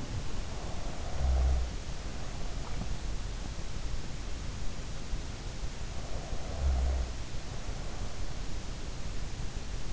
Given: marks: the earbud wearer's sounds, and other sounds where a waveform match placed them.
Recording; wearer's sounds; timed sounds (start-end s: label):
sounds in sleep by an in-ear microphone; snoring breath
0.00-3.02 s: snoring breath
5.82-8.22 s: snoring breath